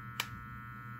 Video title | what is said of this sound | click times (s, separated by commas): Custom Knives & Knife Shop Tour: and Putting on a 90 Degree Spine. | you should hear a click here | 0.2 s